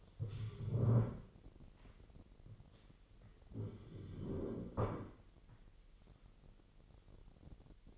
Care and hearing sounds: daily activity, microphone in the room; stand up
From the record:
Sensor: 4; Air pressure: 999.4 hPa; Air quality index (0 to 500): 108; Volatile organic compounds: 2 ppm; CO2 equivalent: 1068 ppm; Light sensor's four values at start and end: 11/26/10/11 and 11/26/10/11

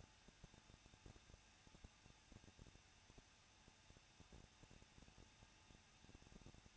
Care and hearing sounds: daily activity, microphone in the room; no activity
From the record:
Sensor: 2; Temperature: 21.0 degrees Celsius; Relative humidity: 37.5%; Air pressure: 1006.2 hPa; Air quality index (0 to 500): 223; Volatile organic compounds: 25 ppm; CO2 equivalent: 2839 ppm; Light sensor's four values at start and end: 2/3/2/2 and 2/3/2/2

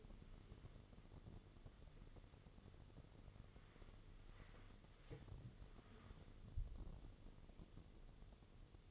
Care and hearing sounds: daily activity, microphone in the room; wipe stove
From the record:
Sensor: 4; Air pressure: 1015.9 hPa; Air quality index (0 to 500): 149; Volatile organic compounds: 4 ppm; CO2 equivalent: 1686 ppm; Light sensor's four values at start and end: 9/19/7/7 and 8/18/7/7

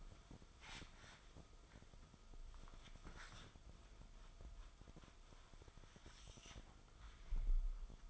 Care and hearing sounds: daily activity, microphone in the room; wipe stove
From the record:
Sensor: 5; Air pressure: 1004.9 hPa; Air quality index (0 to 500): 104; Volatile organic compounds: 2 ppm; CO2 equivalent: 1275 ppm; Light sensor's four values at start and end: 31/70/30/30 and 32/74/30/30

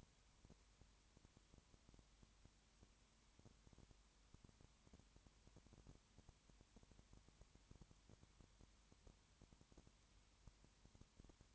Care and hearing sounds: daily activity, microphone in the room; no activity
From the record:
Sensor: 3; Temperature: 21.1 degrees Celsius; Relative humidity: 37.0%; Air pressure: 1010.6 hPa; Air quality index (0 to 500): 204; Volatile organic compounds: 31 ppm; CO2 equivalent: 2976 ppm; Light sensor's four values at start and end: 2/3/2/2 and 2/3/2/2

